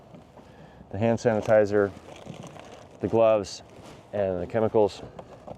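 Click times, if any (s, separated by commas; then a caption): none. Someone talks while handling the exterior access door over the toilet cassette bay of a 2025 Winnebago Solis 59PX RV, after the bay's items are put back. A few faint, brief ticks sound near 2.2–2.6 s and 5.5 s. The door has not yet clicked shut into the RV body frame or been locked.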